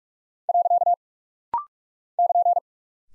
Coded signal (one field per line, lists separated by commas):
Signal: Morse code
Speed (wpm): 46 wpm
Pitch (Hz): 700 Hz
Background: none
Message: . <KN>